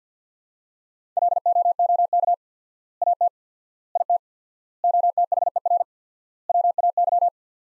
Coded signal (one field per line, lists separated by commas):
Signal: Morse code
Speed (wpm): 50 wpm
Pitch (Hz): 700 Hz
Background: none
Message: LOOK AT IT OTHER WAY